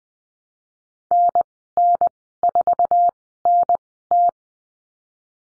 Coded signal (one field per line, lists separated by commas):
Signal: Morse code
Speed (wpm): 20 wpm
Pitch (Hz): 700 Hz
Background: none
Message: NN4NT